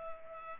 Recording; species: mosquito wingbeat signal from an infrared sensor; Culex pipiens